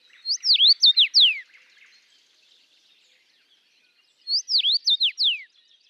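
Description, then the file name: Common rosefinch song: a short whistled phrase of rising and falling slurred notes, given twice about four seconds apart, with faint chirps from other birds between. Recorded in Latvia. "life dviete. carpodacus erythrinus"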